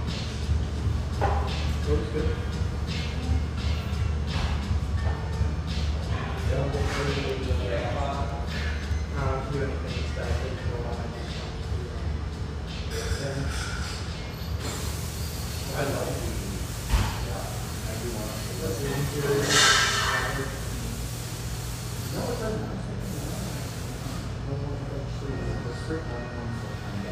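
Inside a busy coffee shop, overlapping voices murmur over a steady low rumble that runs the whole time. Cups and dishes clink now and then, with a sharp knock near seventeen seconds and a brief hissing burst around twenty seconds.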